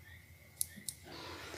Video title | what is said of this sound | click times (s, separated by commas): How to Use Sim card in HP Laptop Elitebook 850 G6 - How to Use Sim card in any Laptop | I don't know you can hear the click | 0.6 s